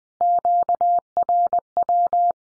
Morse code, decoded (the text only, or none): QRW